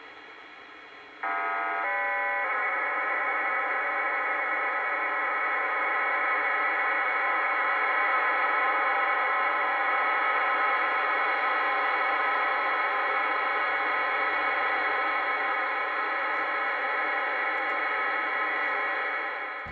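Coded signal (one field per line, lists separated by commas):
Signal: HF data modem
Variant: HM01 RDFT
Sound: short stepped tones, then a steady dense multi-tone hiss for about 18 seconds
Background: radio static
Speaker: the data is encoded in a program called dig TRX and it converts text and images and to tones that can be sent over the airwaves and decoded back into the original files so let's try and run it with HM oh one and see what we get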